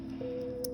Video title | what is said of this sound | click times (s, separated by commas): TIMELAPSE - Building A Custom Mechanical Keyboard For My Nephew! | push it down you'll hear the click | 0.6 s